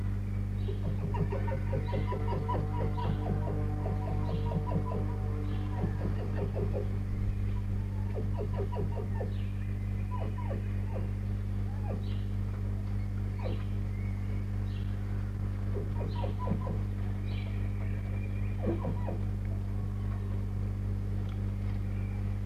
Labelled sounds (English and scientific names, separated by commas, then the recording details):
Red Fox (Vulpes vulpes)
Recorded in captivity
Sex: female
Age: adult
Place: Zoologisches Institut der HUB, Berlin, DE
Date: 1958-06-11 18:00
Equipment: Smaragd
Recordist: Tembrock, Günter
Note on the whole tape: Molly: Muffen (mit Fleisch) beim Futterzutragen; Fiffi: ein Bell-Laut (?)